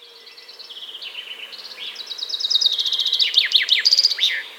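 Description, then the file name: Common chaffinch song: a series of bright notes that steps down, then back up, growing louder and ending in a sharp flourish. "Fringilla coelebs"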